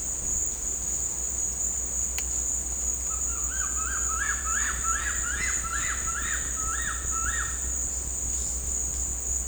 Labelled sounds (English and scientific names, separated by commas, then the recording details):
none
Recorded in dense forest near Puerto Asís, Putumayo, Colombia, on 21 December 2024 at 14:30
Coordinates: 0.466, -76.327
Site G075